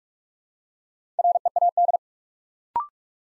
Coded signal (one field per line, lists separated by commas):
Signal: Morse code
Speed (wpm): 44 wpm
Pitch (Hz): 700 Hz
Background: none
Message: READ